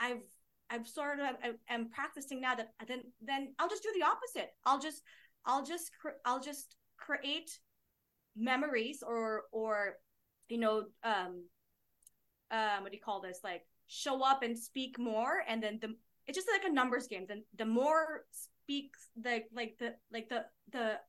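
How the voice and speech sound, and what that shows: A 37-year-old woman who has stuttered since childhood speaks with stuttering disfluencies: she repeats "I'll just" several times, drags out filler sounds, and repeats "like the".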